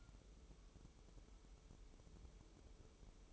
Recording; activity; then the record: daily activity, microphone in the room; take from stove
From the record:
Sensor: 1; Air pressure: 988.3 hPa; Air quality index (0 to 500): 202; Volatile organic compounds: 1000 ppm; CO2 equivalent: 5406 ppm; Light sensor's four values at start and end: 26/97/37/39 and 26/97/37/39